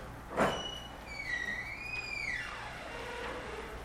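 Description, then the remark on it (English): A door closes with a short muffled thump, followed by a long, high creaking squeal that rises and falls before fading out. “Wait, close the door. Close the door, please.”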